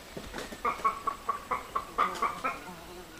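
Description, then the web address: Boat-billed heron uttering a quick series of nasal, clucking notes, evenly pitched. Calls from the eastern lowlands of South America. "S America Eastern Lowlands Cochlearius cochlearius, calls"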